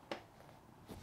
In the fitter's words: i can i heard the latch go and up she goes look at that